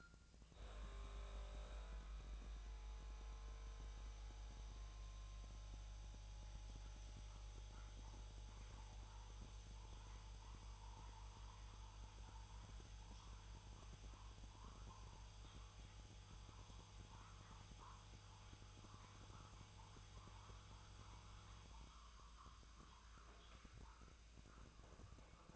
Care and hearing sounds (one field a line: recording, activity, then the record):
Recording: daily activity, microphone in the room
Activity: make coffee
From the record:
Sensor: 2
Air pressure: 1000.1 hPa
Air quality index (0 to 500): 140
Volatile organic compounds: 2 ppm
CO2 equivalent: 1188 ppm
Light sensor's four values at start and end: 25/61/27/29 and 25/60/26/29